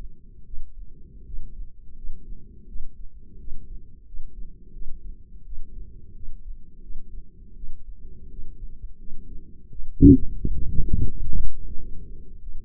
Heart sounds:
heart sounds by microphone in the left ear; 85 bpm
0.45 s: heartbeat
1.25 s: heartbeat
1.96 s: heartbeat
2.67 s: heartbeat
3.39 s: heartbeat
4.06 s: heartbeat
4.73 s: heartbeat
5.45 s: heartbeat
6.14 s: heartbeat
6.81 s: heartbeat
7.55 s: heartbeat
8.30 s: heartbeat
8.99 s: heartbeat
9.71 s: heartbeat
10.43 s: heartbeat
11.12 s: heartbeat
11.78 s: heartbeat
12.40 s: heartbeat
From the record:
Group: healthy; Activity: rest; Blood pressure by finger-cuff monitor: 167/87 mmHg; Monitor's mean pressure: 110 mmHg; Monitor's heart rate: 85 bpm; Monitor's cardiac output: 7.5 L/min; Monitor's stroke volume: 88 mL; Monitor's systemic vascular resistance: 1080 dyn s/cm5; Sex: female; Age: 22 years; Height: 154 cm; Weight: 58.7 kg

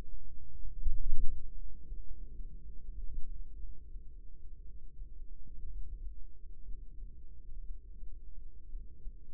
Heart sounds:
heart sounds by microphone in the right ear; 59 bpm
0.49 s: heartbeat
1.53 s: heartbeat
2.60 s: heartbeat
3.57 s: heartbeat
4.63 s: heartbeat
5.68 s: heartbeat
6.63 s: heartbeat
7.64 s: heartbeat
8.68 s: heartbeat
From the record:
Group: healthy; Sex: female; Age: 36 years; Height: 163 cm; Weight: 88 kg

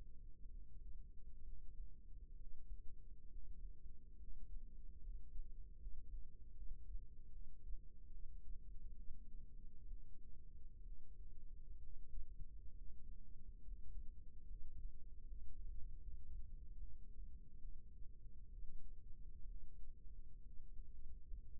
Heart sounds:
heart sounds by microphone in the right ear; 69 bpm
0.48 s: heartbeat
1.42 s: heartbeat
2.35 s: heartbeat
3.27 s: heartbeat
4.16 s: heartbeat
4.99 s: heartbeat
5.77 s: heartbeat
6.53 s: heartbeat
7.30 s: heartbeat
8.09 s: heartbeat
8.94 s: heartbeat
9.86 s: heartbeat
10.82 s: heartbeat
11.77 s: heartbeat
12.73 s: heartbeat
13.62 s: heartbeat
14.45 s: heartbeat
15.23 s: heartbeat
16.00 s: heartbeat
16.77 s: heartbeat
17.59 s: heartbeat
18.48 s: heartbeat
19.45 s: heartbeat
20.42 s: heartbeat
21.37 s: heartbeat
From the record:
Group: healthy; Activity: rest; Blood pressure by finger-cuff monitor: 143/70 mmHg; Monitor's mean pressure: 92 mmHg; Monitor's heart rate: 67 bpm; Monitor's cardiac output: 6.3 L/min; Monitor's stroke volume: 89 mL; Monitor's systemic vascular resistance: 1030 dyn s/cm5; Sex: female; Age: 37 years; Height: 168 cm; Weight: 70 kg

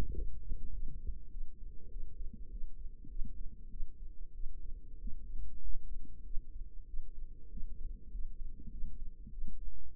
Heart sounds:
heart sounds by microphone in the left ear; 98 bpm
0.13 s: heartbeat
0.71 s: heartbeat
1.29 s: heartbeat
1.89 s: heartbeat
2.49 s: heartbeat
3.08 s: heartbeat
3.69 s: heartbeat
4.33 s: heartbeat
4.98 s: heartbeat
5.61 s: heartbeat
6.23 s: heartbeat
6.86 s: heartbeat
7.49 s: heartbeat
8.10 s: heartbeat
8.70 s: heartbeat
9.30 s: heartbeat
9.91 s: heartbeat
From the record:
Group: healthy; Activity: rest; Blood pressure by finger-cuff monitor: 119/70 mmHg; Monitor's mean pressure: 85 mmHg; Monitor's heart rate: 98 bpm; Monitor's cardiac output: 8.2 L/min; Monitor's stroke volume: 83 mL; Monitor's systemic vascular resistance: 760 dyn s/cm5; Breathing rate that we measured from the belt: 22 breaths a minute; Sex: female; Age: 22 years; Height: 163 cm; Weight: 67.1 kg

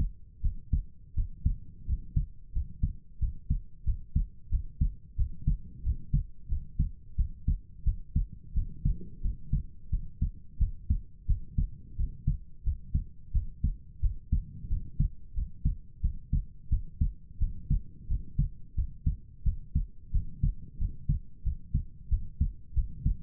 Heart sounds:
heart sounds by stethoscope; 89 bpm
0.41 s: heartbeat
1.14 s: heartbeat
1.85 s: heartbeat
2.52 s: heartbeat
3.18 s: heartbeat
3.84 s: heartbeat
4.49 s: heartbeat
5.16 s: heartbeat
5.82 s: heartbeat
6.48 s: heartbeat
7.15 s: heartbeat
7.83 s: heartbeat
8.53 s: heartbeat
9.21 s: heartbeat
9.89 s: heartbeat
10.58 s: heartbeat
11.26 s: heartbeat
11.96 s: heartbeat
12.63 s: heartbeat
13.32 s: heartbeat
14.00 s: heartbeat
14.68 s: heartbeat
15.33 s: heartbeat
16.00 s: heartbeat
16.69 s: heartbeat
17.38 s: heartbeat
18.07 s: heartbeat
18.74 s: heartbeat
19.43 s: heartbeat
20.11 s: heartbeat
20.77 s: heartbeat
21.42 s: heartbeat
22.08 s: heartbeat
22.73 s: heartbeat
From the record:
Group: healthy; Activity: rest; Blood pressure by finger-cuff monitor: 72/49 mmHg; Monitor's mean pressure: 57 mmHg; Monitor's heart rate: 88 bpm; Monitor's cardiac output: 6.9 L/min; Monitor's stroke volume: 78 mL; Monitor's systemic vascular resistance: 580 dyn s/cm5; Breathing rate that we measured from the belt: 20 breaths a minute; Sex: female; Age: 19 years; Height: 163 cm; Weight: 48.9 kg

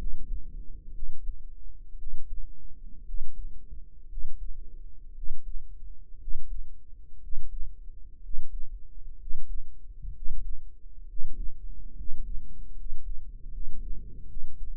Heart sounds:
heart sounds by microphone in the right ear; 63 bpm
0.92 s: heartbeat
1.96 s: heartbeat
3.03 s: heartbeat
4.06 s: heartbeat
5.12 s: heartbeat
6.17 s: heartbeat
7.19 s: heartbeat
8.20 s: heartbeat
9.16 s: heartbeat
10.11 s: heartbeat
11.05 s: heartbeat
11.93 s: heartbeat
12.73 s: heartbeat
13.48 s: heartbeat
14.25 s: heartbeat
From the record:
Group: healthy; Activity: rest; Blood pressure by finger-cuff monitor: 125/77 mmHg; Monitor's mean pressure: 89 mmHg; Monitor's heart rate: 58 bpm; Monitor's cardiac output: 6.9 L/min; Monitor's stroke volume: 113 mL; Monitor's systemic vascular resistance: 1000 dyn s/cm5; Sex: male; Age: 23 years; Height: 178 cm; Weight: 96.6 kg

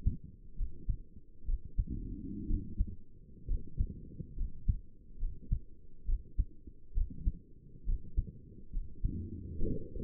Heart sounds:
heart sounds by stethoscope; 66 bpm
0.58 s: heartbeat
1.47 s: heartbeat
2.49 s: heartbeat
3.49 s: heartbeat
4.38 s: heartbeat
5.20 s: heartbeat
6.07 s: heartbeat
6.95 s: heartbeat
7.87 s: heartbeat
8.74 s: heartbeat
9.64 s: heartbeat
From the record:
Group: healthy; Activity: rest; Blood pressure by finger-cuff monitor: 78/51 mmHg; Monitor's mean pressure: 60 mmHg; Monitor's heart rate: 67 bpm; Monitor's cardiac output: 6.1 L/min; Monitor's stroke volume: 92 mL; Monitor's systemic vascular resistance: 690 dyn s/cm5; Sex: male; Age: 22 years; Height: 181 cm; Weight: 79 kg

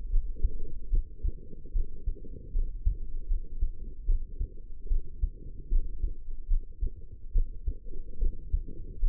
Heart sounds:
heart sounds by stethoscope; 74 bpm
0.10 s: heartbeat
0.90 s: heartbeat
1.72 s: heartbeat
2.52 s: heartbeat
3.28 s: heartbeat
4.06 s: heartbeat
4.88 s: heartbeat
5.69 s: heartbeat
6.48 s: heartbeat
7.32 s: heartbeat
8.19 s: heartbeat
9.00 s: heartbeat
From the record:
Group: healthy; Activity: rest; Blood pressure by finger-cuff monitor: 112/73 mmHg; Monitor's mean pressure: 85 mmHg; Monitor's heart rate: 74 bpm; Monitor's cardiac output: 5.7 L/min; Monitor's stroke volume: 76 mL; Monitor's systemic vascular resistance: 1080 dyn s/cm5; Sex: female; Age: 22 years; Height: 160 cm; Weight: 45 kg

